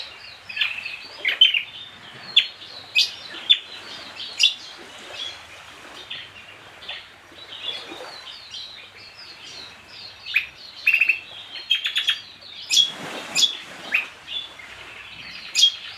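Grey-eared honeyeaters call near and farther off, bright chirps every second or so, over a dense, constant twittering of white-eyes in the background.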